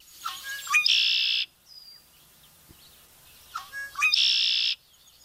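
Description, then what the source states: Red-winged blackbird singing twice, each phrase a few short clicking notes leading into a long, high, buzzy trill, separated by about two seconds of quiet. Calling from its perch in the reeds, signaling summer.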